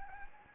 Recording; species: mosquito wingbeat signal from an infrared sensor; Anopheles arabiensis